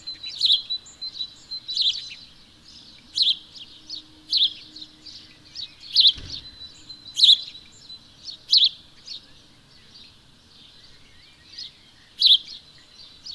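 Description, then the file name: House sparrow giving a steady series of sharp chirps, about one per second with some doubled notes, and a brief low thump midway. "Passer domesticus"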